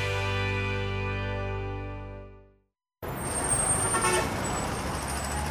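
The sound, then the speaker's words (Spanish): A long, steady car horn blast fades out into a moment of silence, then a dense wash of loud, chaotic roadway traffic rushes in, with thin high-pitched tones threading through the rumble. “el tránsito es un caos”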